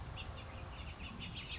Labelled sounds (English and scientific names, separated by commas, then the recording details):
House Finch (Haemorhous mexicanus)
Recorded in Sonoma County, California